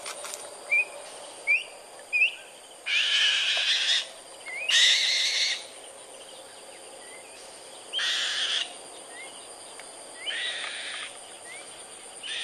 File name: Svartvingad glada